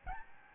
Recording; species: mosquito wingbeat signal from an infrared sensor; Aedes albopictus